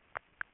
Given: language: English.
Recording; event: throat vibration sensor signal played as sound; swallow